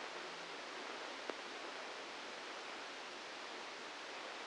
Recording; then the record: brain microelectrode recording played as sound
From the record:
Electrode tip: inside the subthalamic nucleus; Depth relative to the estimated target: 2 mm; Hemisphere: right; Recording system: NeuroSet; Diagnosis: Parkinson's disease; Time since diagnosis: 8 years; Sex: male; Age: 59 years